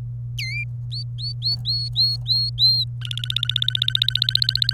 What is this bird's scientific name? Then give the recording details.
Serinus canaria. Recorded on 27 April 2018 at 13:28. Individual llb3